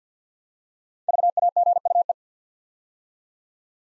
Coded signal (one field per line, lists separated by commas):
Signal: Morse code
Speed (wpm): 48 wpm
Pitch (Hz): 700 Hz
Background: none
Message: VAGUE